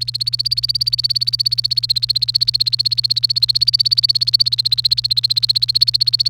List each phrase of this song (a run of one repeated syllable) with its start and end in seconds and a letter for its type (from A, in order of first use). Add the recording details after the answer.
0.01-6.30 A. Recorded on 28 April 2018 at 16:03. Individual llb3